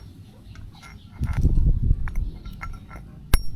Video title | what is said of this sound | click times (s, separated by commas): STEP by STEP Tutorial Kung Paano MAGPALIT NG TORQUE DRIVE BEARING ng Honda Click | Ayun. Pag narinig nyo yun, ibig sabihin nag-lock na siya mga paps. | 3.3 s